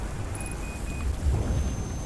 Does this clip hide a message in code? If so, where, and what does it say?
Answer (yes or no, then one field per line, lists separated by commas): no